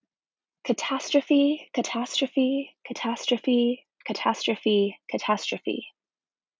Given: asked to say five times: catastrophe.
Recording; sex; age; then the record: repeated word; female; 20 to 29 years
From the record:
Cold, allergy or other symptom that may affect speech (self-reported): no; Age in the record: 24 years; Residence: Washington, United States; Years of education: 16